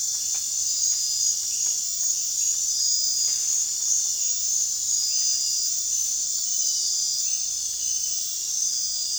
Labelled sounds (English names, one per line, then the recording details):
none
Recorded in dense forest near Puerto Asís, Putumayo, Colombia, on 29 June 2025 at 23:00
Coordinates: 0.466, -76.327
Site GP04